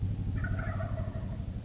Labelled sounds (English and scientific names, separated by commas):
Wild Turkey (Meleagris gallopavo)